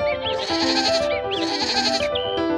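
A goat bleats loudly in two long, quavering, nasal cries, followed by the start of a third, with a steady low hum underneath and no talking.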